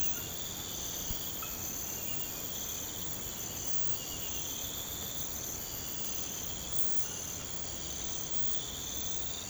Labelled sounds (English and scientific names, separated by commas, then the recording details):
none
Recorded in pastures near Puerto Asís, Putumayo, Colombia, on 24 March 2025 at 05:00
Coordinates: 0.472, -76.329
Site G074